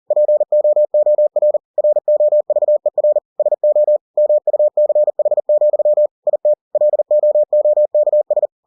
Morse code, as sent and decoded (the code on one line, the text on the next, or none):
.--. --- --- .-. / .-. --- ...- . .-. / ... --- / -- ..- -.-. .... --..-- / .. - / .-.. --- --- -.- ...
POOR ROVER SO MUCH, IT LOOKS